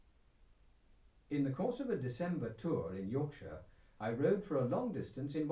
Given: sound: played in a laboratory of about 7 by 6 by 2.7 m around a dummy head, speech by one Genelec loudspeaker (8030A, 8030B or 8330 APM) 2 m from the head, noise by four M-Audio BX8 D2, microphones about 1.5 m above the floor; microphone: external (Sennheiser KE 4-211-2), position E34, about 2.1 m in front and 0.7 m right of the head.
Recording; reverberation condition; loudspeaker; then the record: male speech in English; low; 60 degrees to the left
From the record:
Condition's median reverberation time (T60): about 310 ms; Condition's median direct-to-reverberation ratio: about 3.5 dB